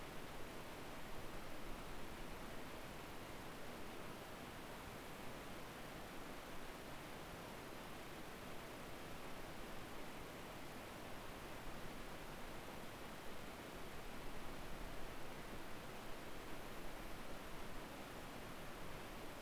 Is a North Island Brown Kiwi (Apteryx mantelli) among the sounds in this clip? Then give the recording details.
no. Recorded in New Zealand on 10 October 2014. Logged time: 22:59. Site DE66